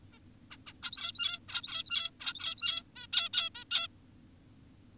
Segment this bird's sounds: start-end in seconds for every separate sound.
0.13-0.18, 0.51-0.57, 0.67-0.73, 0.83-1.39, 1.49-2.10, 2.20-2.83, 2.96-3.07, 3.13-3.29, 3.34-3.50, 3.55-3.64, 3.71-3.88